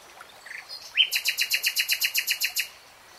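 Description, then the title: Nightingale song: a rising whistle followed by a rapid, even series of loud clicking chirps, about a dozen in quick succession. Nightingale singing in real time. "[Tiếng chim hót] 3 Hours REALTIME Nightingale Singing"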